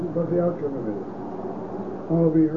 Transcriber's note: automobiles can be heard in the background